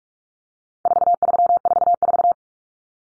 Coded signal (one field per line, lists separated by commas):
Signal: Morse code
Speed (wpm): 44 wpm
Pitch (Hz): 700 Hz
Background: none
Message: 4344